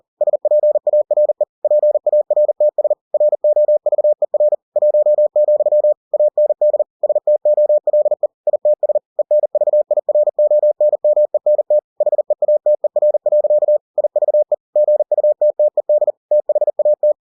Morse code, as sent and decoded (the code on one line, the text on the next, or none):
... .--. .- .-. . / .--. .- .-. - ... / .-. --- ...- . .-. / .---- --..-- / .- -. -.. / ... - --- .-.. . / .. - ... / . -. ...- .. .-. --- -. -- . -. - / .... . .- - . .-. .-.-.- / .. ...- . / --. ..- - - . -.. / - .... .- -
SPARE PARTS ROVER 1, AND STOLE ITS ENVIRONMENT HEATER. IVE GUTTED THAT